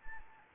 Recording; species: mosquito wingbeat signal from an infrared sensor; Anopheles arabiensis